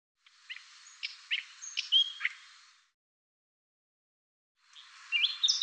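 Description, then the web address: Bird song in two bursts, a varied run of chirps and short whistled notes, then a pause before a second twittering phrase. "cianscape birddata Deverinetal 2025"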